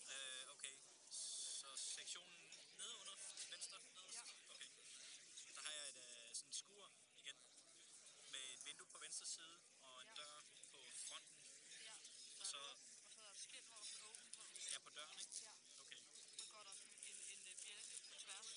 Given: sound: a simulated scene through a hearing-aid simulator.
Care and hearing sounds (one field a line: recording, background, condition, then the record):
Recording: conversation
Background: cafeteria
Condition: 0 dB SNR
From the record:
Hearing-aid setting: III (slow-acting compression, loudness normalization, advanced features for about 2.5 dB of SNR improvement)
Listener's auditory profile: B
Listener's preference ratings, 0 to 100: 27, 14, 28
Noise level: 65 dB SPL